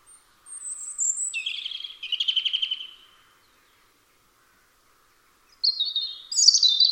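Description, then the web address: European robin singing: a high thin phrase, then a lower rapid rattling trill, a pause of a few seconds, then more high, thin wavering notes. "Deverinetal 2025 File origin Bird Only Er Ru"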